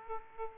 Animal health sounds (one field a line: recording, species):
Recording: mosquito wingbeat signal from an infrared sensor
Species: Aedes aegypti